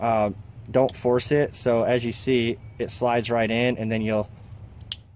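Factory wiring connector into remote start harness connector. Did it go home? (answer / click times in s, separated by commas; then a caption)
yes / 4.9 s. A factory wiring connector on a 2018–2019 Toyota Tundra is slid into a plug-and-play remote start harness connector without forcing while someone talks. It seats with a sharp plastic click at 4.9 s, and the connection is confirmed.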